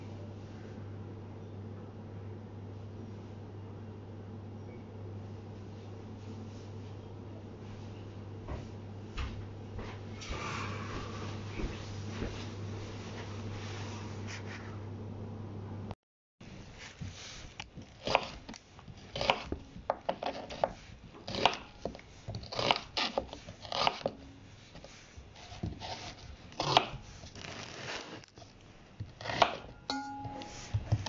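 Everyday sounds: a steady low hum with sparse taps for sixteen seconds, then a brief cut and busier clattering, knocks and clicks.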